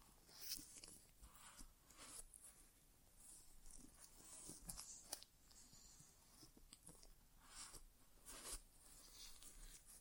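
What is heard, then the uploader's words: An ear exam without talking, made of soft, crackly rustling and scraping sounds that come and go in irregular bursts. Brighter crisp scratches and clicks stand out around the half-second, five-second and eight-and-a-half-second marks over a low, quiet hiss. ASMR Inner Ear Exam (No Talking).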